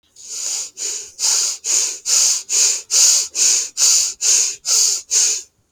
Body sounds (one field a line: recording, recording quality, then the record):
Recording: shallow breathing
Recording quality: excellent, no background noise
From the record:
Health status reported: healthy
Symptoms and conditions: none ticked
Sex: female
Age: 30 years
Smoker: not ticked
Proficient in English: yes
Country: India